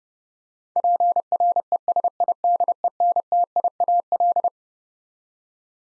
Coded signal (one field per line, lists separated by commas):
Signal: Morse code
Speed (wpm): 32 wpm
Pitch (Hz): 700 Hz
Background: none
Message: PRESIDENTIAL